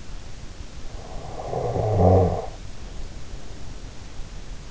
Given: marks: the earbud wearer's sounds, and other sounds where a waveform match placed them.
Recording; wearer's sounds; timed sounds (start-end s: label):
sounds in sleep by an in-ear microphone; snoring breath
0.81-4.27 s: snoring breath